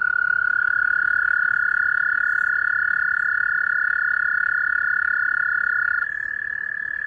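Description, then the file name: Frog trilling, a long unbroken pulsed trill held at one steady mid pitch, shifting slightly near the end, with no other sounds. "rana"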